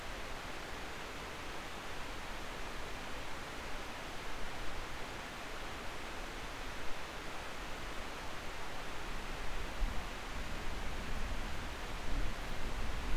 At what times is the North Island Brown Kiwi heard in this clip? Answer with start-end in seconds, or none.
none